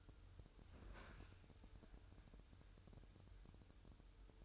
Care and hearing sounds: daily activity, microphone in the room; open fridge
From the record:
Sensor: 2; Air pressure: 988.3 hPa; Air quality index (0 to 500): 192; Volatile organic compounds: 188 ppm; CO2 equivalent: 4173 ppm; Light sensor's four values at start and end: 21/70/27/26 and 21/70/27/26

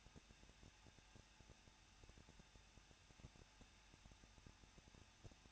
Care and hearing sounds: daily activity, microphone in the room; no activity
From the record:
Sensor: 2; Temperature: 21.0 degrees Celsius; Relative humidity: 37.5%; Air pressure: 1006.3 hPa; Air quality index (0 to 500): 223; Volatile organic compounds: 25 ppm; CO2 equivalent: 2830 ppm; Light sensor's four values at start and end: 2/3/2/2 and 2/3/2/2

